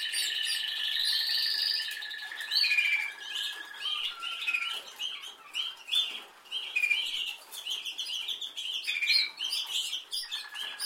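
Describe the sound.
Canary song: a rising sweeping trill opens, followed by varied chirps and short twittering phrases that rise and fall in loudness throughout.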